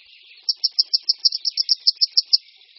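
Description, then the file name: Grey wagtail delivering a single quick string of about a dozen sharp, high, evenly spaced notes over faint twittering. "Konipas-horský"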